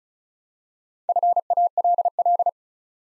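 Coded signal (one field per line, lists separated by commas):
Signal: Morse code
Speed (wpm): 36 wpm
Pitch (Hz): 700 Hz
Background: none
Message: FALL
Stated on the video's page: Morse code practice at 35 wpm: 3- to 5-letter words built up one letter at a time, for instant character recognition training.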